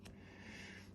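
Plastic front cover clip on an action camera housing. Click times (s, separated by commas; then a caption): 0.1 s. A plastic front cover is pried off a GoPro Hero 8 body to de-case the camera, and one of its retaining clips lets go with a single short plastic click at 0.1 s. The click stands out over a steady low hum and hiss that continues for the rest of the second. The clip comes loose and the cover is released.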